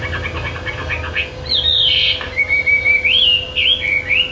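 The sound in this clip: Bird singing a long warbled whistle that falls and then wavers, after a few faint short notes; a constant steady hum in the background.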